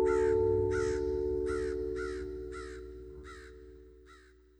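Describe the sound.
Crow cawing, seven harsh caws over a steady sustained tone, all slowly fading away.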